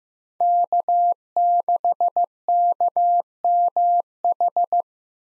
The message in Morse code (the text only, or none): K6KMH